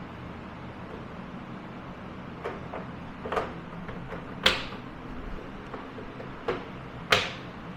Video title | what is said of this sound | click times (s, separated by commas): Let's take a look at the European-style Bigfoot garage cabinet. A do-it-yourself garage cabinets | you see the handles just click right in place. | 4.5 s, 7.1 s